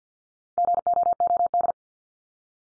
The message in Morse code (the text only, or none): GOOD